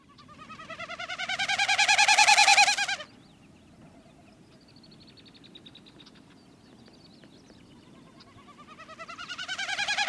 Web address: Wilson's Snipe